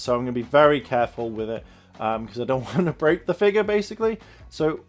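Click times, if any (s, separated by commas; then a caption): none. Someone talks while carefully handling a plastic Revoltech Woody reissue action figure during a stress test, about to work the ratchet joints in its feet and ankles. Only speech is heard, and none of the ratchet joints has clicked into position yet.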